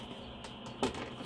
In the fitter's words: you'll hear the snap sound and that means okay